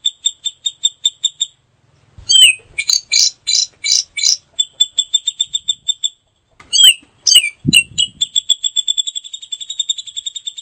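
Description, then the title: Grey-cheeked bulbul delivering quick high chip series interrupted by loud harsh rasping notes, with two low thuds partway through. Female grey-cheeked bulbul, known locally as cucak jenggot. "Cucak Jenggot Betina"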